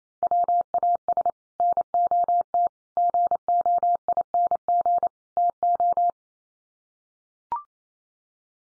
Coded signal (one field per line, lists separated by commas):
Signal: Morse code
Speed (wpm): 28 wpm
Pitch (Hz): 700 Hz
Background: none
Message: WAS NOT GOING TO